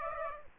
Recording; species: mosquito wingbeat signal from an infrared sensor; Aedes aegypti